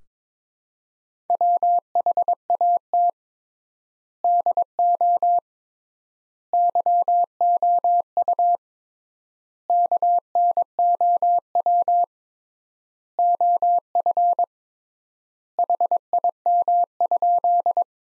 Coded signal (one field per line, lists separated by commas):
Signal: Morse code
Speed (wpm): 22 wpm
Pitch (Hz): 700 Hz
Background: none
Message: WHAT DO YOU KNOW OF HIM?